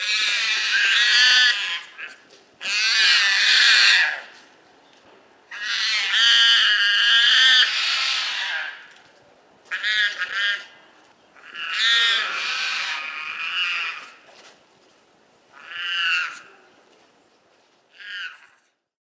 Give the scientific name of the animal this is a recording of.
Panthera tigris